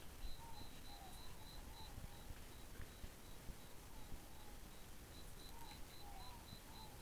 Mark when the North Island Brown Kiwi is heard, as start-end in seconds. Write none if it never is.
none